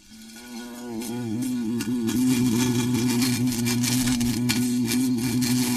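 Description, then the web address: Bee buzz wavering in pitch at first, then settling into a steady loud drone. "пчела"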